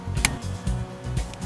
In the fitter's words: again anytime you're working with car seats or seat belts you'll hear a click when the two parts go together